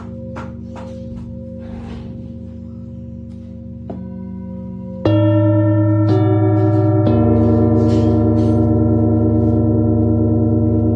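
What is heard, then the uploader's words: Tibetan singing bowls hum with a low, steady ring, quieter at first while soft brushing and tapping sounds come and go. Around five seconds a bowl is struck louder, and fresh strikes near six and seven seconds add bright, lingering overtones to the sustained drone. Tibetan Singing Bowl のサウンドヒーリング. シンギングボウル.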